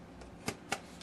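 An Asus Transformer tablet is pushed down into the hinge connector of its keyboard dock, giving a few short, sharp hits at about 0.5, 0.7 and 1.0 seconds over a steady low background. The strongest click, at 0.7 seconds, is the tablet seating in the dock, after which it detects the keyboard and switches into keyboard mode.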